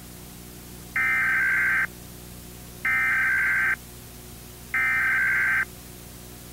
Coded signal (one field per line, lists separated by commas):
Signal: Emergency Alert System (SAME) tones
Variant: header bursts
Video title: SCP-096 EAS Scenario